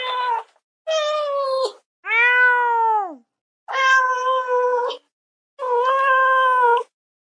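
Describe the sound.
Cat meowing, five drawn-out, tonal meows with gaps between them; the third meow slides downward at its end, and the others hold a steady pitch.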